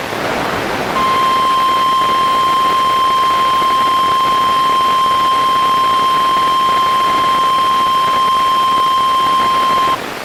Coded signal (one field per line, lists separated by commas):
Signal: Emergency Alert System (SAME) tones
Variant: 1050 Hz attention tone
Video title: (EAS cut off due to 2 min time limit) SEVERE THUNDERSTORM WARNING, Grand Junction, TN 3/30/25